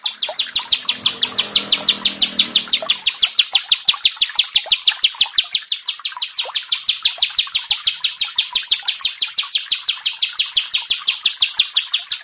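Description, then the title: Bar-winged prinia song: a loud, rapid, regular string of sharp chirping notes, about three a second. "Ciblek Sawah"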